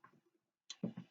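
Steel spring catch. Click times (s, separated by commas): 0.7 s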